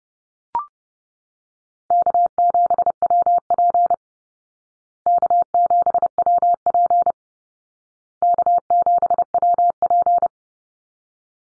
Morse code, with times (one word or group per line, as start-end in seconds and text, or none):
1.9-3.9 K7WP
5.1-7.1 K7WP
8.2-10.3 K7WP